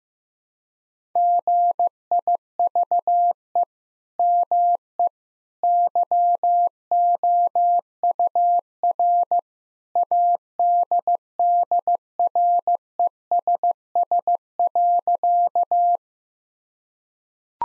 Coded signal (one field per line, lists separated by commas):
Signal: Morse code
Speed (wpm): 15 wpm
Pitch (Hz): 700 Hz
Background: none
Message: GIVE ME YOUR ADDRESS.